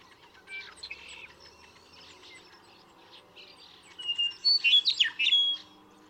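Western meadowlark song near the end: clear whistles and liquid warbles, set against twittering of other birds.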